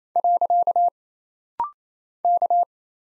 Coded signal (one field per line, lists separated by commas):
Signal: Morse code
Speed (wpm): 27 wpm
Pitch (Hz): 700 Hz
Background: none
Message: . K